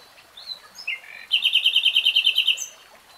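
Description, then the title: Nightingale song with a few soft whistled notes leading into a fast, even trill of many ringing notes. Heard in real time, not slowed. "[Tiếng chim hót] Nightingale Singing"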